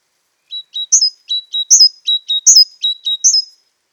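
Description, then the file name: Great tit giving a quick run of paired notes, low then high and falling, repeated four times in clean, quiet surroundings. "Parus major"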